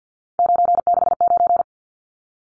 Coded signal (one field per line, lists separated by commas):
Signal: Morse code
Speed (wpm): 50 wpm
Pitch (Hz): 700 Hz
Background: none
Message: 969